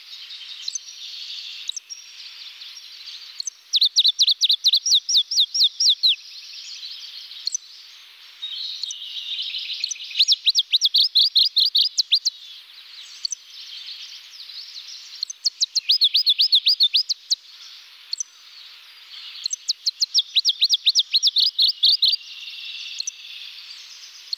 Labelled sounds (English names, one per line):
Pallas's Leaf Warbler song